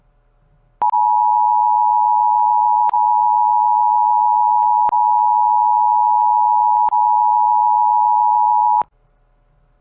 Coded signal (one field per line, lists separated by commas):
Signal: Emergency Alert System (SAME) tones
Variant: 853 and 960 Hz attention tone